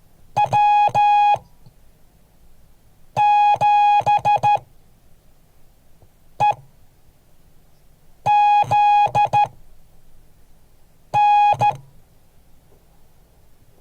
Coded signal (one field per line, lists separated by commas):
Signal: Morse code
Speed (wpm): 13 wpm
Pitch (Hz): 830 Hz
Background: none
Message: W7EZN